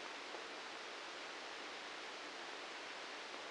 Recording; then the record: brain microelectrode recording played as sound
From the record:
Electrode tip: outside the subthalamic nucleus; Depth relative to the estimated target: -6 mm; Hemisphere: right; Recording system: NeuroSet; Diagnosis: Parkinson's disease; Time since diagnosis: 9 years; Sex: male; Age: 61 years